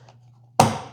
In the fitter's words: snaps into place